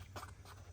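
A plastic wiring harness connector is handled at an ignition coil on a 3.6 V6 engine, with soft rustling and light handling noise over a steady low hum. The connector is being pushed toward the coil terminal, but nothing has seated or clicked yet.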